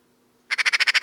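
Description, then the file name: Eurasian magpie giving a harsh chattering call, a fast run of rasping notes that begins after a short silence and is cut off at the end. "Pica pica"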